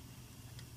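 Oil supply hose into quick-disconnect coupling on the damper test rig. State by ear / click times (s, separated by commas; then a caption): seated / 0.6 s. An oil supply hose is pushed back into its quick-disconnect coupling on a squeeze film damper test rig by pulling the collar back and letting it go. Over a steady low hum, a short, sharp click sounds at 0.6 s as the coupling snaps shut. The hose is seated solidly in place.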